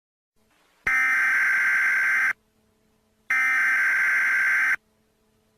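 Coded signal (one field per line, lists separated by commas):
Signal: Emergency Alert System (SAME) tones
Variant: header bursts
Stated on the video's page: Fictional EAS scenario, not a real alert.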